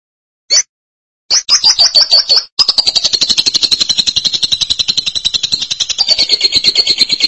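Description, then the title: Lovebird giving a single sharp note, then choppy buzzy bursts leading into a long, fast, high-pitched chattering trill. "BM Suara Burung Lovebird"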